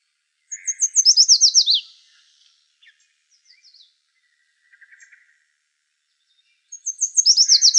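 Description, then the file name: Yellow warbler singing a rapid, sweet series of high, slurred notes that fall in pitch. Faint chips and short notes follow before the song repeats. Recorded in Arizona, 26 May 2001. "YWAR 2 deviche"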